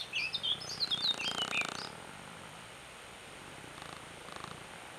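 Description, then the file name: Eurasian blackcap giving a short burst of fast, varied warbling notes lasting about two seconds, followed by quiet background. "Sylvia atricapilla"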